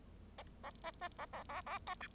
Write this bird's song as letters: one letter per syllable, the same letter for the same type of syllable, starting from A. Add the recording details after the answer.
A B B A B A A C D. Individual Bird0